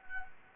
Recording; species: mosquito wingbeat signal from an infrared sensor; Anopheles gambiae